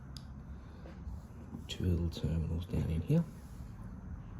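A plastic wiring connector is handled near the two small terminals of the door lock release motor on a 2007 Toyota Estima sliding door that won't open automatically but will open by hand. Someone talks over faint handling noises. The connector has not yet been pushed home and nothing has clicked or seated.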